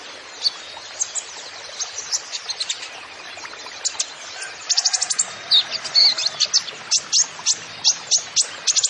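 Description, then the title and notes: Kolibri ninja song: high, sharp chirps and thin whistles, sparse at first, then dense rapid bursts after about five seconds. Masteran training recording for songbirds, song full of isian (fill-in phrases) and tembakan (rapid shot notes), bird described as gacor (singing vigorously), meant as pancingan to lure other birds into singing. "MASTERAN KOLIBRI NINJA TERBAIK FULL ISIAN DAN TEMBAKAN MEWAH COCOK BUAT PANCINGAN. Suara Burung Kolibri Ninja Gacor"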